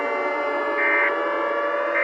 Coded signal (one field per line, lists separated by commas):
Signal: Emergency Alert System (SAME) tones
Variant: end-of-message bursts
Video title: EAS SCENARIO 18: Elephant E.X.E